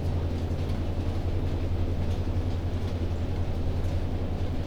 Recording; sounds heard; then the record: poultry house recording; no chicken sound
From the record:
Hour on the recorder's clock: 1